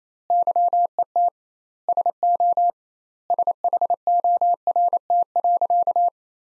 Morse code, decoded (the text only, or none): YET SO SHORT.